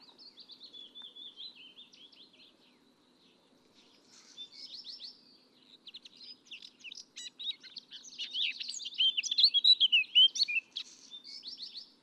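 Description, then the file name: Eurasian blackcap song: soft warbled twittering that pauses, resumes with fast buzzy trills, then swells into loud, rich fluting whistles near the end. "Sylvia atricapilla"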